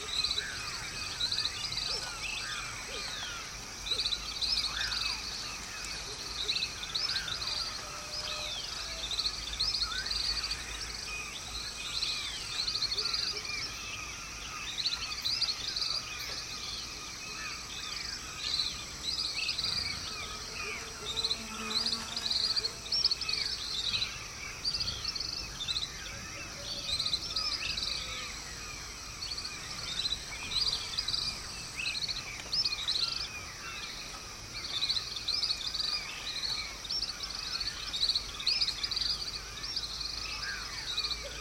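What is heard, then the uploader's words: Dawn in the jungle: a dense, unbroken chorus of bright bird chirps and trills with a steady insect hum, constant throughout. Dawn in the Jungle.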